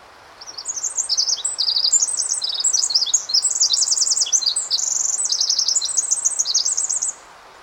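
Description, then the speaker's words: Pacific wren song: several seconds of very high, rapid notes, trills and buzzy bursts pouring out almost nonstop, with one brief break midway. Played a second time; very small bird usually perched on top of a snag 10 to 15 feet up; immense number of fast notes; common in forests around Sitka. "So I'll go ahead and play the Pacific Wren song once more."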